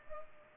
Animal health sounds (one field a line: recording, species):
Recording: mosquito wingbeat signal from an infrared sensor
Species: Culex pipiens